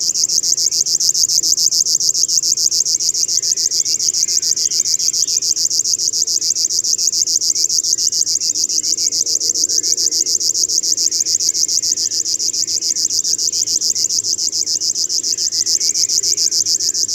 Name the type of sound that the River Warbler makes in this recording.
song